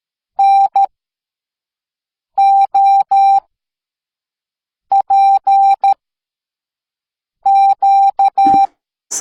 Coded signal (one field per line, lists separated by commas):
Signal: Morse code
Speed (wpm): 13 wpm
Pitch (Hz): 790 Hz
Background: none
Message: N O P Q